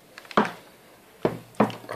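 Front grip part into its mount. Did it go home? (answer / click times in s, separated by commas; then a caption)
yes / 0.4 s. A front grip part is closed, pulled and pushed into its mount until it fits into its slot. After faint ticks at 0.2 and 0.3 s, a sharp click at 0.4 s marks it seating, followed by softer knocks at about 1.3 and 1.6 s. The front part is seated and fits easily.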